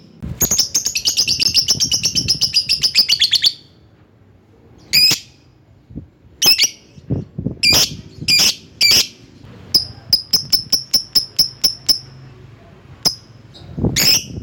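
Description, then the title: Lovebird calls: a fast rattling series of high chirps for three seconds, then separated shrill screeches and a run of sharp metallic ticks. Lovebird calling a rival. "Lovebird Memanggil Lawan"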